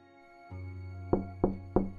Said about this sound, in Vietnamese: Tiếng đập cửa phòng trọ khiến cho tôi giật mình tỉnh dậy.